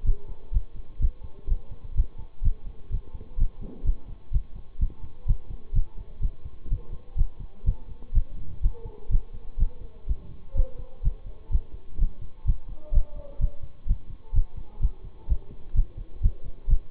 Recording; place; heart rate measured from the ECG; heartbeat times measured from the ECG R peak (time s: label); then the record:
heart sounds by stethoscope; between the tricuspid and mitral areas; 126 bpm
0.04 s: heartbeat
0.52 s: heartbeat
1.00 s: heartbeat
1.48 s: heartbeat
1.95 s: heartbeat
2.43 s: heartbeat
2.90 s: heartbeat
3.38 s: heartbeat
3.85 s: heartbeat
4.32 s: heartbeat
4.79 s: heartbeat
5.26 s: heartbeat
5.73 s: heartbeat
6.21 s: heartbeat
6.69 s: heartbeat
7.16 s: heartbeat
7.65 s: heartbeat
8.13 s: heartbeat
8.62 s: heartbeat
9.10 s: heartbeat
9.58 s: heartbeat
10.07 s: heartbeat
10.55 s: heartbeat
11.03 s: heartbeat
11.51 s: heartbeat
11.98 s: heartbeat
12.45 s: heartbeat
12.93 s: heartbeat
13.40 s: heartbeat
13.87 s: heartbeat
14.34 s: heartbeat
14.81 s: heartbeat
15.28 s: heartbeat
15.75 s: heartbeat
16.21 s: heartbeat
16.68 s: heartbeat
From the record:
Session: bicycle stress test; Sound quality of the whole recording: good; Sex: male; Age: 26 years